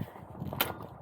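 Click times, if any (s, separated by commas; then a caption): 0.6 s. The folding handlebar stem on an electric folding bike is raised and its lever latch is closed, with the safety pin visible. A sharp, bright click at 0.6 s stands out above low background rumble and a few faint knocks. The latch clicks closed and is seated.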